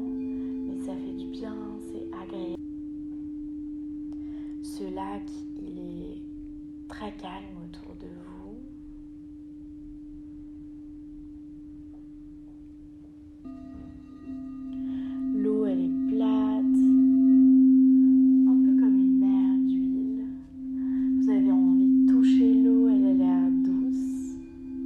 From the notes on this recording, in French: une méditation sonore accompagnée de bols en crystal et de carillons